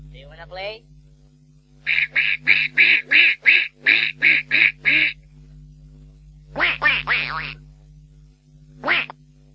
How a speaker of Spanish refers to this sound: ¿Sabías que el graznido del pato no tiene eco? Y nadie sabe por qué.